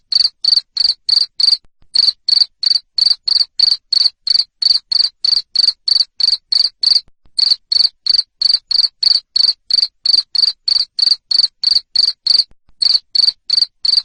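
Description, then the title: Cricket producing a long run of piercing chirps, roughly three each second, with a few short pauses along the way. Loud cricket chirping used to stimulate lovebirds to keep singing their ngekek song. "Suara JANGKRIK NGERIK Keras Bikin LOVEBIRD Jadi NGEKEK Terus Vubey"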